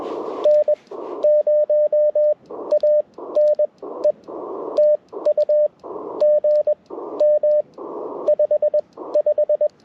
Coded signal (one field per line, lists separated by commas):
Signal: Morse code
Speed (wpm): 21 wpm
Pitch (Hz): 590 Hz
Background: radio noise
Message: N0ANE TU GM 55